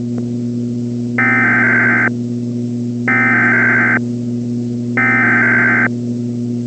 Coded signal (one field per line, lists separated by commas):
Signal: Emergency Alert System (SAME) tones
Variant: header bursts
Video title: The Big One (EAS Scenario)